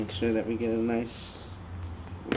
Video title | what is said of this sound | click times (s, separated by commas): Episode 15 - thank you!! BMW E92 M3 how to install quick release latch on M Performance seats | nice lock did you guys just hurt that that little click | 2.3 s, 2.4 s